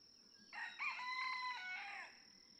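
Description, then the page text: Red junglefowl (chicken): rooster crowing, one long harmonic crow of about one and a half seconds, falling at the end, over a steady high tone. Several roosters, each with its own distinct crow, in a barnyard just outside Mammoth Cave National Park, Kentucky, June 2, 2010. "Birdsong for the Curious Naturalist Red junglefowl (chicken) No two roosters crow alike in this Kentucky barnyard. June 2, 2010. Just outside Mammoth Cave National Park, Kentucky."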